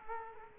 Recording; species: mosquito wingbeat signal from an infrared sensor; Culex quinquefasciatus